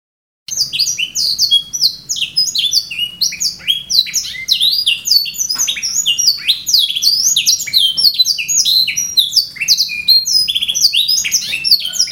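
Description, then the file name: Canary in sustained song, a long, unbroken run of quick high swooping notes and buzzy trills, rising and falling without pause. Canary song, labelled 'raja melodi' (melody king). "kenari raja melodi omkicau"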